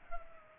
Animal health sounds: mosquito wingbeat signal from an infrared sensor; Culex pipiens

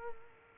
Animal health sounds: mosquito wingbeat signal from an infrared sensor; Culex quinquefasciatus

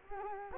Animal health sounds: mosquito wingbeat signal from an infrared sensor; Culex quinquefasciatus

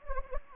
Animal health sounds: mosquito wingbeat signal from an infrared sensor; Anopheles gambiae

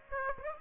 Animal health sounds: mosquito wingbeat signal from an infrared sensor; Aedes aegypti

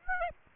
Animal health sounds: mosquito wingbeat signal from an infrared sensor; Aedes aegypti

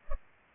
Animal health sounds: mosquito wingbeat signal from an infrared sensor; Culex pipiens

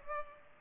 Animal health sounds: mosquito wingbeat signal from an infrared sensor; Culex pipiens

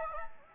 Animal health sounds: mosquito wingbeat signal from an infrared sensor; Anopheles gambiae

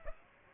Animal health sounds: mosquito wingbeat signal from an infrared sensor; Aedes aegypti

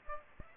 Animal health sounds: mosquito wingbeat signal from an infrared sensor; Aedes aegypti

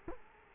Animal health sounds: mosquito wingbeat signal from an infrared sensor; Culex quinquefasciatus

